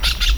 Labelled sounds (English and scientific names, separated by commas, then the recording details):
Brown-throated Parakeet (Eupsittula pertinax) contact call
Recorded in Venezuela
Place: Tumeremo, Edo. Bolívar
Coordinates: 7.209, -61.364